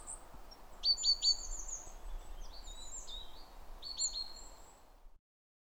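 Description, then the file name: Great tit calls: a quick trio of falling high notes, then a run of chattering high notes, a few more falling notes, and an abrupt cut to silence. "Parus major"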